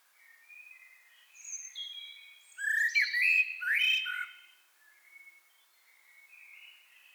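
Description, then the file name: Common blackbird starting with soft thin whistles, then a loud rich warbled phrase with scratchy high overtones, then quieter high notes again. "Turdus merula"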